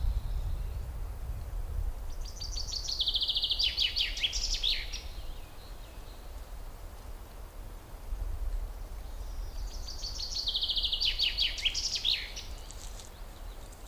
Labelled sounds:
Common Chaffinch song
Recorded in the wild
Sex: male
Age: adult
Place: Bötzow - Krämer, Brandenburg, DE
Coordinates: 52.6736, 13.0725
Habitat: forest
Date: 1997-05-18 15:22
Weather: sunny, 27°C, partially light winds
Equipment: Sony MD-WM MZ-R3, Sennheiser MKH 416 T, Kopie Uher 4000 Report Monitor
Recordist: Tembrock, Günter

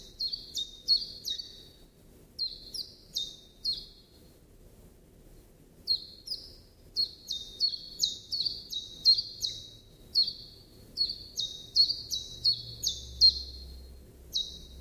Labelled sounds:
Common Chiffchaff song
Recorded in captivity
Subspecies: collybita
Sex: male
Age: adult
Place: Zoologisches Institut Universität Tübingen, Baden-Württemberg, DE
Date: 1966-04-12 16:30
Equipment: Nagra III PH, MD 421, kleiner englischer Parabolspiegel, LGS26
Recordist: Schneider, Hans-Joachim
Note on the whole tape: Biesinger Straße Nr. 6, 1. Stock, Osteckzimmer. Gesänge eines Wildfangs (Männchen A), gefangen am 05.04.1966 bei Schornhof. Auch Aufnahmen vom 13. April um 8 Uhr 7. MaAs: M.Sch

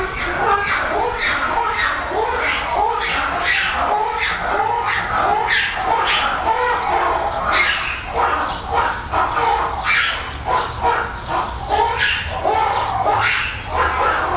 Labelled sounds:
Mantled Guereza call
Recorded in captivity
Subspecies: caudatus
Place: Zoo Berlin, Berlin, DE
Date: 1996-04-20 17:29
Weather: sonnig, 23°C
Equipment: Sony MD-WM MZ-R3, Sennheiser MKH 416 T, Kopie Uher 4000 Report Monitor
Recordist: Tembrock, Günter

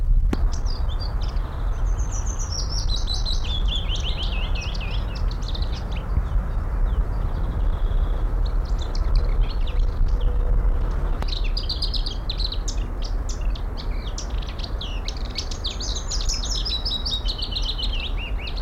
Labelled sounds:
Willow Warbler
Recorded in the wild
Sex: male
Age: adult
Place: Karower Teiche, Naturpark Barnim, Berlin, DE
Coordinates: 52.62, 13.46
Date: 1994-04-24
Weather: Wind, sonnig, 15-18°C
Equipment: Marantz CP 430, Sennheiser ME 80, Kopie Uher Variocord 263
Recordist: Tembrock, Günter

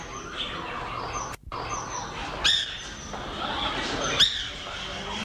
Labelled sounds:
White Woodpecker call
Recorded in captivity
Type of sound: call
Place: Zoo Berlin, Berlin, DE
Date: 1988-10-07 12:40
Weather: overcast, 12°C, wind
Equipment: Sony WM-D6C, Kopie Uher
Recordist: Tembrock, Günter
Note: Rufe

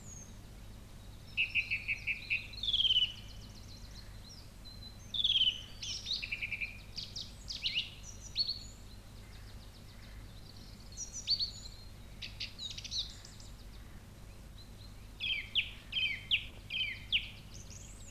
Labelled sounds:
Song Thrush song
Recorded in the wild
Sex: male
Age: adult
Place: Treffen am Ossiacher See, Ossiachersee, Kärnten, AT
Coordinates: 46.67, 13.942
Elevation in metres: 550
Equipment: Hornyphon, Phillips Mikrofon
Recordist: Brunner, Thomas

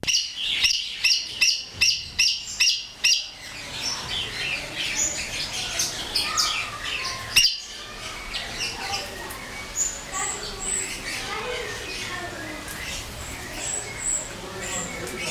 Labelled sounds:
Black-necked Aracari call
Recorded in captivity
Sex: male
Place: Zoo Berlin, Berlin, DE
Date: 1996-05-05 13:00
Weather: bedeckt, 8°C
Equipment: Sony MD-WM MZ-R3, Sennheiser MKH 416 T, Kopie Uher 4000 Report Monitor
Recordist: Tembrock, Günter

